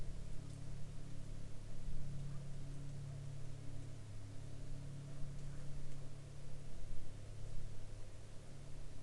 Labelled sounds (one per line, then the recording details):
rain
aircraft
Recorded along the Dalton Highway, Alaska, on 7 September 2019 at 09:22
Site 05